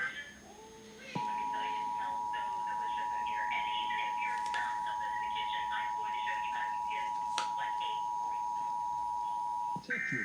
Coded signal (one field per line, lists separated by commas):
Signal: Emergency Alert System (SAME) tones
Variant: 853 and 960 Hz attention tone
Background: speech